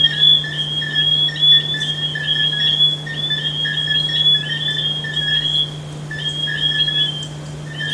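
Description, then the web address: Frogs in chorus: many brief high peeping notes run together into a ringing chorus, over a constant low hum. "humbot audio frogs"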